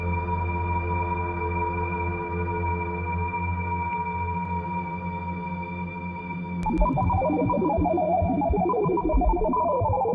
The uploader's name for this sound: Deep Space Waves